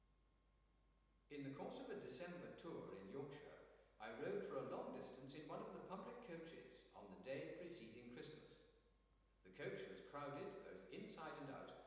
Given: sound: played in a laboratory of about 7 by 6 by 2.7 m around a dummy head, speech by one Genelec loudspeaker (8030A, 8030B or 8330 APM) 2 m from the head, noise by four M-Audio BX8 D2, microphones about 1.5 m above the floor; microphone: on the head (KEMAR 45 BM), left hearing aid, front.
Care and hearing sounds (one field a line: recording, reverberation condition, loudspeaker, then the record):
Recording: male speech in English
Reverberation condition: high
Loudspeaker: 120 degrees to the left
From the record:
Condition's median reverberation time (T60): about 1300 ms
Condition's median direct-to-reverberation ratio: about -4.0 dB